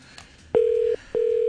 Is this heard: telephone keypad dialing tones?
yes